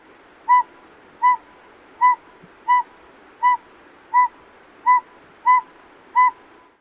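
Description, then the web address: Northern pygmy owl giving a steady series of nine mellow whistled toots, one about every 0.7 seconds, over a low, even background hiss. "Thumbs Plus Zoo Field Guide Repository"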